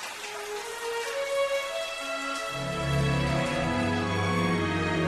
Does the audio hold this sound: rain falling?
yes